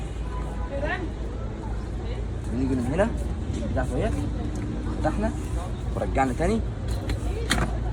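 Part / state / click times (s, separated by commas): baby stroller folding lock on the frame / seated / 7.5 s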